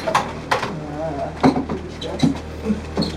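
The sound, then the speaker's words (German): Drawers being opened and rummaged through: a series of sharp clacks, knocks and rattles at irregular intervals, with murmured voices in between. “Machen wir da die Schubladen auf.”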